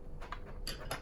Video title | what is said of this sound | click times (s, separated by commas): Altaya Megazord Build - Issue 5 | that clips into place on the circuit board | 0.7 s